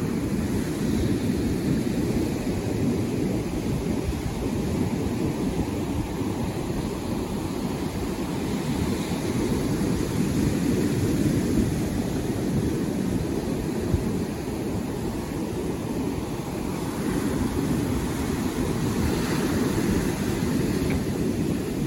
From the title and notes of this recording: Take an hour to relax with beach sounds from a Florida beach.